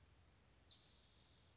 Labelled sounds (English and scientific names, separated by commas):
Spotted Towhee (Pipilo maculatus)